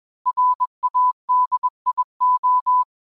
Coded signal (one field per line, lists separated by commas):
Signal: Morse code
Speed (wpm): 21 wpm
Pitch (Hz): 1000 Hz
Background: none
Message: RADIO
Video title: Ham Radio Basics: How to Build an MMDVM Hotspot Using Raspberry Pi Zero